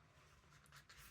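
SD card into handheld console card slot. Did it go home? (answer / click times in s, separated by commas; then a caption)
no / none. A microSD card is handled at the spring-loaded card slot of a handheld game console, with faint scraping and light contact sounds and a small tick at 0.7 s over a low background hum. The card has not seated or clicked into the slot yet.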